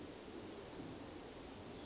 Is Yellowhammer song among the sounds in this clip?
yes